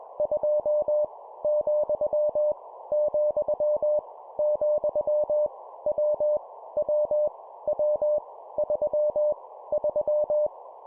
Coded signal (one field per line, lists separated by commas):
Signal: Morse code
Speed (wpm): 21 wpm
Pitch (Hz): 600 Hz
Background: none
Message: 2 , , , W W W 3 3